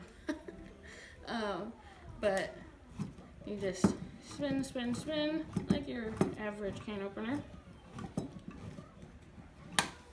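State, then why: Released. A side-cutting can opener is turned around a metal can until the lid seal breaks, with someone talking over it. The lid pops loose with a sharp, loud pop at 9.8 seconds, releasing it so it can be lifted off by its small beak.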